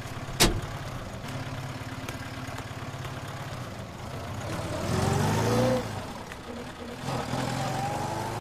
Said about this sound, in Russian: Машина уехала.